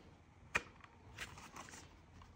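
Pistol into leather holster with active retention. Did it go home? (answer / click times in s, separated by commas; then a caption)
yes / 0.6 s. A pistol is pushed again into a leather holster with active retention, and a sharp click at 0.6 s marks it locking into the retention. A few faint ticks and rustles follow, and the pistol stays seated in the holster.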